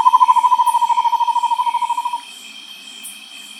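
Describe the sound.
Bird giving a rapid even trill on one pitch that fades and stops after about two seconds, leaving a faint steady hiss.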